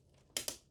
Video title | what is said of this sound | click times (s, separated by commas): 4080 Upgrade and a home Unraid server build. 80 Terabytes! | satisfying click | 0.4 s